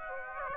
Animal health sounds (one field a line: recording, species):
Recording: mosquito wingbeat signal from an infrared sensor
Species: Aedes aegypti